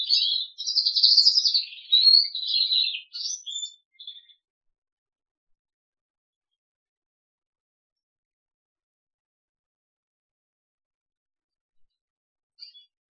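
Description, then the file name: Crested canary singing about four seconds of trilled, warbling song, followed by long silence with only faint notes near the end. "audio kenari jambul"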